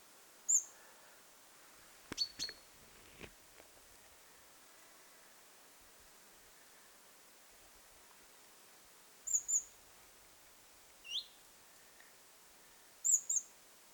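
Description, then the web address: Great tit calls: high, thin double notes spaced several seconds apart, one lower rising note, and a few sharp clicks early on. Young bird calling, recorded 21 July 2026. "paivat 21 7 2026 kuvien nuori talitiainen aantelee"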